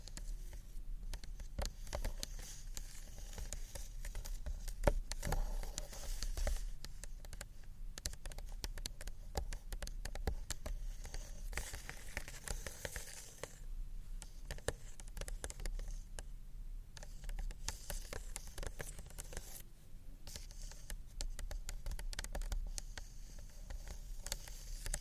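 Gentle scratchy tapping on books, made of dense, irregular clicks and light scrapes that continue without pause for the whole stretch. The taps cluster in quick flurries with brief thinner gaps near 8, 13 and 17 seconds, over a steady low hum.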